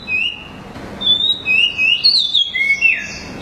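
Oriental Magpie Robin song, a sequence of clear whistled phrases shifting up and down in pitch, some sliding, others held briefly.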